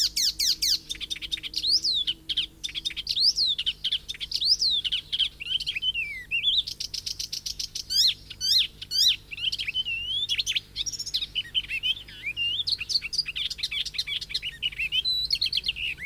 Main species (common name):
Icterine Warbler